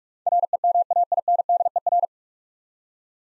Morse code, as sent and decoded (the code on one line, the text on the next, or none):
.-. . -- .- .. -. -.. . .-.
REMAINDER